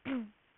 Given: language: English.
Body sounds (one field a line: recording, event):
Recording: throat vibration sensor signal played as sound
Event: throat clearing